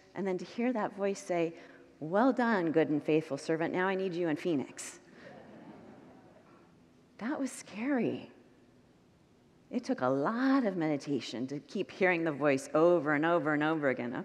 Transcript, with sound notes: And to hear that voice say, “Well done, good and faithful servant. Now I need you in Phoenix.” [Congregants murmur] That was scary! It took a lot of meditation to keep hearing the voice over and over and over again.